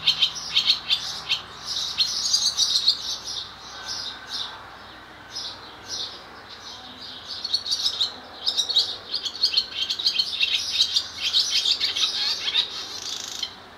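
Swallows chattering almost without pause, bright high-pitched chirps in uneven clusters, with a short quieter spell in the middle.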